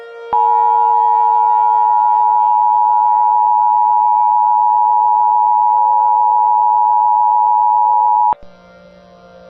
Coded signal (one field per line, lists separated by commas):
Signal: Emergency Alert System (SAME) tones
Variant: 853 and 960 Hz attention tone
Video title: EAS REENACT MOCK: Hawaii Tsunami Warning 2025 (07/29/25)